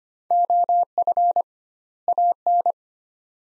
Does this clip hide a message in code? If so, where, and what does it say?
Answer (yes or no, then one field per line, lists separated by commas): yes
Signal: Morse code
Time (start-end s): 0.3-2.7 s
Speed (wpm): 25 wpm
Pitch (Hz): 700 Hz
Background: none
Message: OF AN